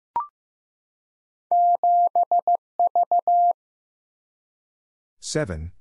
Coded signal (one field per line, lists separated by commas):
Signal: Morse code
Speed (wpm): 15 wpm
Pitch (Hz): 700 Hz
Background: none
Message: 7V